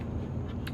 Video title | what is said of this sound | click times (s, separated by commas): DJI Neo Complaints So Far | but it snaps in with a very reassuring snap sound and also a reassuring tactile feel | 0.7 s